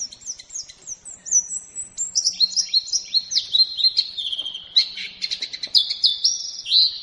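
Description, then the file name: White-eye singing a fast, high chattering song of bright slurred whistles that step down in pitch. From Lombok; used for training songbirds. "pleci lombok omkicau"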